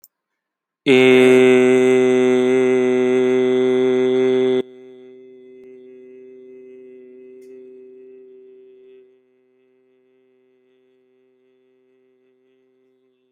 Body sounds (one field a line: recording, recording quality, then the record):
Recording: sustained vowel as in made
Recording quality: moderate, slight background noise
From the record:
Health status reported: healthy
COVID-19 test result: negative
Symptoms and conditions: none ticked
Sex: male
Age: 26 years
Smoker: not ticked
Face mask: not worn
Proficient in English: yes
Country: India